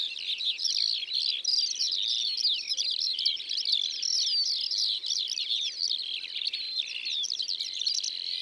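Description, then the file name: Eurasian skylark pouring out an unbroken, fast, twittering song of varied chirps and short trills, dense and high-pitched throughout. Recorded in the Drôme, France. "Alouettes des champs Concerts Naturels de la Drome Studio les Trois Becs"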